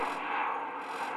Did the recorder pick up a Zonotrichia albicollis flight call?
no